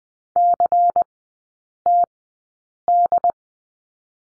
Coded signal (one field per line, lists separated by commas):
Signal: Morse code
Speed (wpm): 20 wpm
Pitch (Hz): 700 Hz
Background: none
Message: CTD